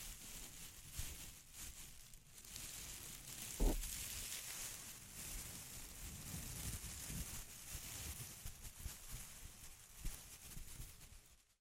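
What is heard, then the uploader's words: Dense, continuous crinkling with bright, crackly texture throughout, low rumbling underneath, and a sharp thump just before four seconds. ASMR Intense Close-Up Crinkles (No Talking).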